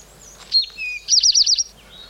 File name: easterntowhee